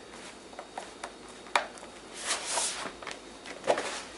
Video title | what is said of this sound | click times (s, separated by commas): ASUS Q304UA/Q304UK Hard Drive & RAM Upgrade! | just clicks in, so make sure all the ends click in. You should hear them click inside. | 0.8 s, 1.0 s, 1.6 s, 3.1 s